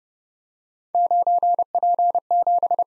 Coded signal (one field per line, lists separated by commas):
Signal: Morse code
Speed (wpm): 29 wpm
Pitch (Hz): 700 Hz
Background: none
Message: 9P7